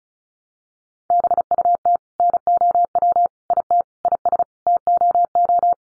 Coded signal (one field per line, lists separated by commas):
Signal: Morse code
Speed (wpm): 34 wpm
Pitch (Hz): 700 Hz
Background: none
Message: BUT NOW IT IS TOO